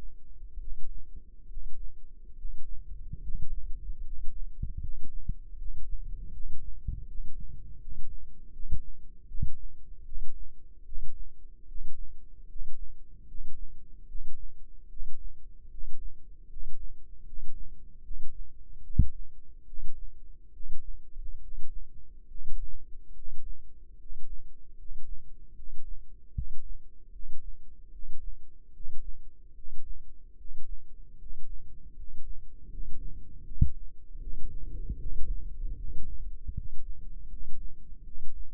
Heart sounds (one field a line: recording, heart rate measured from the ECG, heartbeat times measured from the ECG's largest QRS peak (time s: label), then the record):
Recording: heart sounds by microphone in the left ear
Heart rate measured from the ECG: 75 bpm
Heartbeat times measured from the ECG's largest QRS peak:
0.59 s: heartbeat
1.48 s: heartbeat
2.36 s: heartbeat
3.21 s: heartbeat
4.03 s: heartbeat
4.80 s: heartbeat
5.56 s: heartbeat
6.31 s: heartbeat
7.06 s: heartbeat
7.79 s: heartbeat
8.51 s: heartbeat
9.27 s: heartbeat
10.04 s: heartbeat
10.84 s: heartbeat
11.66 s: heartbeat
12.47 s: heartbeat
13.26 s: heartbeat
14.06 s: heartbeat
14.88 s: heartbeat
15.69 s: heartbeat
16.48 s: heartbeat
17.24 s: heartbeat
18.02 s: heartbeat
18.82 s: heartbeat
19.65 s: heartbeat
20.51 s: heartbeat
21.39 s: heartbeat
22.26 s: heartbeat
23.13 s: heartbeat
23.96 s: heartbeat
24.75 s: heartbeat
25.54 s: heartbeat
26.32 s: heartbeat
27.10 s: heartbeat
27.90 s: heartbeat
28.71 s: heartbeat
29.53 s: heartbeat
30.35 s: heartbeat
31.16 s: heartbeat
31.93 s: heartbeat
32.67 s: heartbeat
33.43 s: heartbeat
34.18 s: heartbeat
34.97 s: heartbeat
35.75 s: heartbeat
36.52 s: heartbeat
37.27 s: heartbeat
38.02 s: heartbeat
From the record:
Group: healthy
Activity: rest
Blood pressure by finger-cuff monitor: 112/69 mmHg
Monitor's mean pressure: 78 mmHg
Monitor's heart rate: 75 bpm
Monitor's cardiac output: 6.3 L/min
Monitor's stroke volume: 84 mL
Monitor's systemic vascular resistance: 890 dyn s/cm5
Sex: male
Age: 35 years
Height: 180 cm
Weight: 86.9 kg